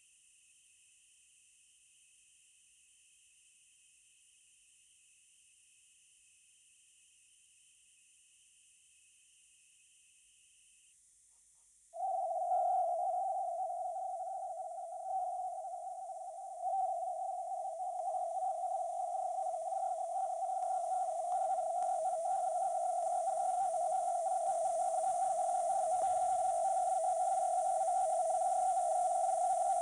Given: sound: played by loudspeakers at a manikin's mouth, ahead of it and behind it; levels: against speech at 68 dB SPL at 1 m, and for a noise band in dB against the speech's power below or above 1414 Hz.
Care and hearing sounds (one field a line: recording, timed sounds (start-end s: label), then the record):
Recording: test signals for a remote microphone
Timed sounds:
0.00-10.92 s: noise band at 2828 Hz, as loud as that band is in speech
11.92-16.62 s: noise band at 707 Hz, -10 dB
16.62-21.32 s: noise band at 707 Hz, -5 dB
21.32-26.02 s: noise band at 707 Hz, 0 dB
26.02-29.82 s: noise band at 707 Hz, +5 dB
From the record:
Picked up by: remote microphone C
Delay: 23 ms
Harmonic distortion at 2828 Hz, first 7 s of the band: under -9 dB (system noise only)